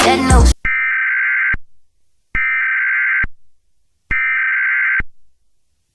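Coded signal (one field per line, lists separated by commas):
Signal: Emergency Alert System (SAME) tones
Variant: header bursts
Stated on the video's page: Fictional EAS scenario.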